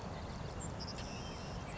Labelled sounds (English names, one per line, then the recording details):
Savannah Sparrow
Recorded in Sonoma County, California